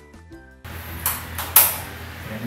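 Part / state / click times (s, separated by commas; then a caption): particulate filter into respirator filter cartridge holder / seated / 1.1 s, 1.6 s. A particulate filter is pressed into its holder on a reusable respirator cartridge, and it seats with sharp, loud clicks at 1.1 s and 1.6 s. Background music plays throughout, with a softer knock at about 1.4 s between the two clicks.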